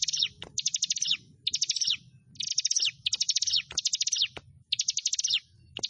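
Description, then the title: Prinia song: short, fast, high trills in quick succession, separated by brief pauses and occasional sharp clicks, over a low background hum. "Ciblek Sawah"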